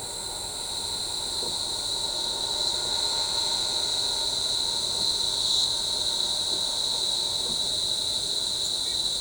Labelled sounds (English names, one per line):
Ochre-lored Flatbill